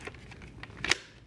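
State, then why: Seated. A plastic peak visor is lined up and slotted onto the front mount of a Scorpion EXO-GT930 Transformer motorcycle helmet shell after the chin bar has been removed. A few light plastic taps and scrapes lead into two sharp clicks at 0.8 and 0.9 seconds. The visor seats in place.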